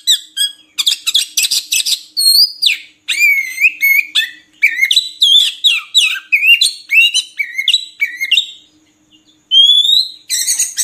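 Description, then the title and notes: Oriental magpie-robin song: loud varied whistles, rapid trills and sweeping notes in dense bursts, with a short pause near the end, then more song. Long-duration filler song (isian) for kacer, meant to make birds sing vigorously (gacor) day and night. "Kacer Jadi Gacor Siang Malam. Isian Kacer Durasi Panjang"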